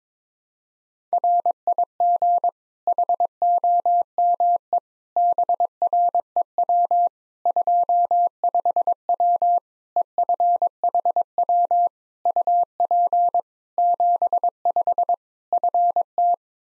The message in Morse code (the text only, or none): RIG HOME BREW 25W EFHW UP 75 FT